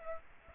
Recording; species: mosquito wingbeat signal from an infrared sensor; Aedes aegypti